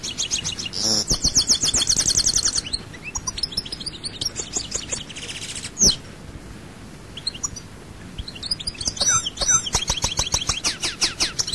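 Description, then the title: European goldfinch song of rapid, repeated tinkling notes and buzzy trills, with a quieter stretch in the middle. "Chant Chardonneret"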